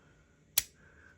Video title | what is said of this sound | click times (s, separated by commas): My Top 4 Cold Steel Knives | and these two pieces come together to lock into place, and it is going to be hard to move. | 0.6 s